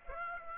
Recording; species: mosquito wingbeat signal from an infrared sensor; Aedes aegypti